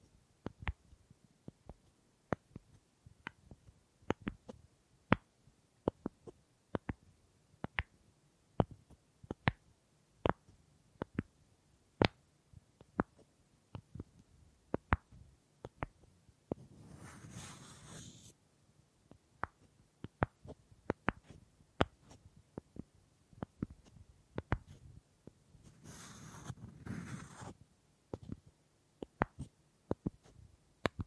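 Wood triggers tap and click in quick, uneven bursts throughout, with two brief rustling or scraping patches near seventeen and twenty-six seconds.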